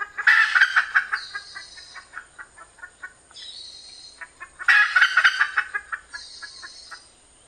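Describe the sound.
Red junglefowl calls: two strong harsh bursts, each followed by a run of soft clucks, with short high-pitched tonal notes between them.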